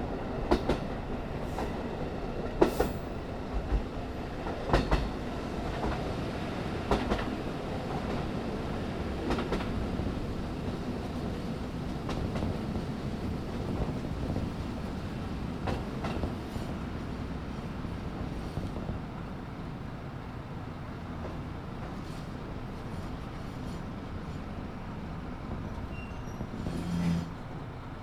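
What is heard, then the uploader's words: Recorded through an open window of a diesel railcar running between stations, with a steady low engine and wheel rumble filling the clip. Sharp rail-joint clicks arrive in clusters every couple of seconds early on, thinning out after about twenty seconds as the rumble eases slightly. 花咲線 キハ54-518 門静→厚岸. It was a little warm on the day, so I opened the window and recorded. I can hear the joint sound well. Recorded on 2008/03/30 between Monshizu and Akkeshi on Nemuro Line train number 5629D. ZOOM H2.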